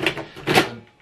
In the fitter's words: once it's in you hear a click sound okay